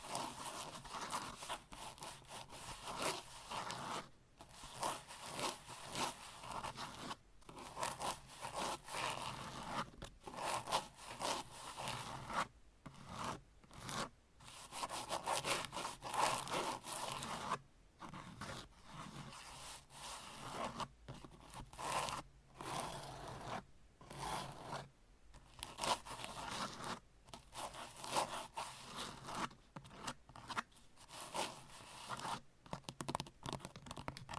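Long nails scratch and rub in a dense, ongoing rasp that fills the high range, with a strong middle band. The scraping comes in bursts separated by brief silent breaks every few seconds, and the loudness swells and dips throughout.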